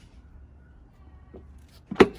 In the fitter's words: there's the third one so you make sure you get three clicks just like that